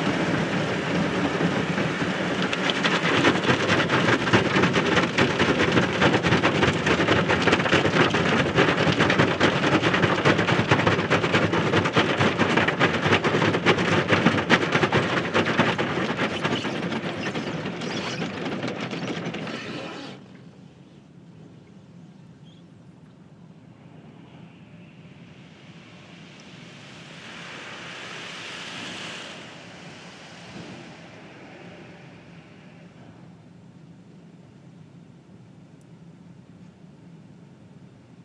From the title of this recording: car wash